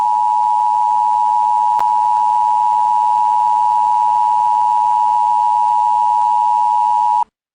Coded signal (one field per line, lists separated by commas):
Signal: Emergency Alert System (SAME) tones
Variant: 853 and 960 Hz attention tone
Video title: hurricane erie (EAS SCENARIO)